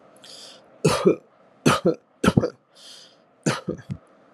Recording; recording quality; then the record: shallow voluntary cough; excellent, no background noise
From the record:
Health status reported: healthy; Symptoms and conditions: none ticked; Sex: male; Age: 28 years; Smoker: not ticked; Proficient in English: yes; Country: United States